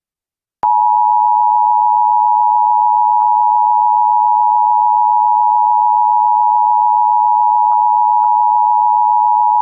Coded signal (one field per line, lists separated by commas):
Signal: Emergency Alert System (SAME) tones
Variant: 853 and 960 Hz attention tone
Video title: EAS Scenario Duble Threat SCP-106 & SCP-280.